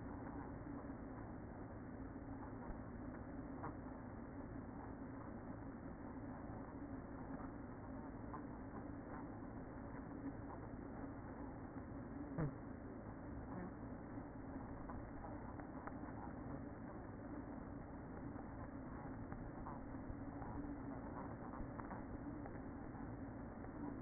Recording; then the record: honeybee colony, microphone inside the hive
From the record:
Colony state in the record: queen present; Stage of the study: after two queens were removed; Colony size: about 60,000 bees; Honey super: yes